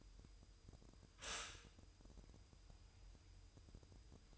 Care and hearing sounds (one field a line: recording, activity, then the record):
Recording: daily activity, microphone in the room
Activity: stop toaster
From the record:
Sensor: 2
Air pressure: 988.5 hPa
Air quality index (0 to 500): 192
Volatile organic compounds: 189 ppm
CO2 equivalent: 4175 ppm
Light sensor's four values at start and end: 20/68/26/25 and 20/68/26/25